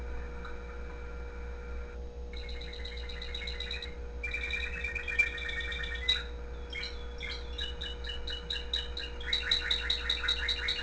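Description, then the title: Canary singing softly in varied phrases, trills and short repeated notes building toward the end, with a constant low hum underneath. Pet canary with background music. "mi canario"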